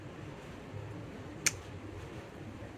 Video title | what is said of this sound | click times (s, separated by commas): 2006-2015 Audi Q7 Spark Plugs & Ignition Coil Replacement Guide - Address Engine Misfire Issues | you're going to hear that little click and then that means that it's unlocked | 1.5 s